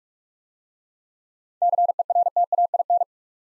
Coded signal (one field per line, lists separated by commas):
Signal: Morse code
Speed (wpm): 44 wpm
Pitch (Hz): 700 Hz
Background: none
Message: CERTAIN